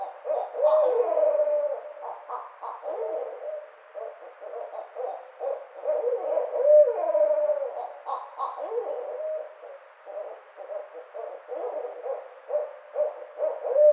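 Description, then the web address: Barred owl caterwauling: a lively run of hoots, cackles and descending wavering calls, surging in two loud bursts and continuing with rapid hooting. Recorded on 29 May 2009. "sounds birds Barred Owl 2009 05 29 Barred Owl"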